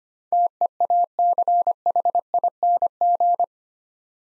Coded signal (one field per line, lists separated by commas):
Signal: Morse code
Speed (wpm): 25 wpm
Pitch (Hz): 700 Hz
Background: none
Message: TEACHING